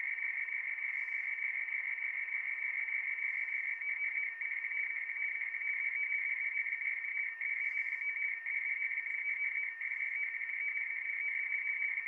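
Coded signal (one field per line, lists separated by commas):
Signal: RTTY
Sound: continuous warbling two-tone chatter, rapidly switching between two close pitches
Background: radio static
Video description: Neste Vídeo estou a mostrar uma Transmissão de Radio Teletype RTTY Weather Forecasts, na onda curta em 11.036 USB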